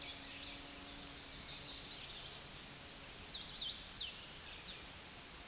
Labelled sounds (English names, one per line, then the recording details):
Hooded Warbler song
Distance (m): 50 m
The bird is about level with the microphone
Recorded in a Pennsylvania forest on 16 May 2024 at 09:04
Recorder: AudioMoth, point MSD-0690
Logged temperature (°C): 16.0 °C
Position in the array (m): 151 m, 130 m